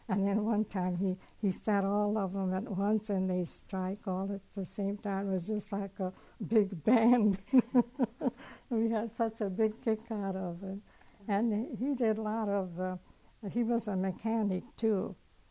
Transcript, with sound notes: And then one time, he, he set all of them at once and they strike all at the same time. It was just like a big bang. [Laughs] We had such a big kick out of it. And he did a lot of, he was a mechanic too.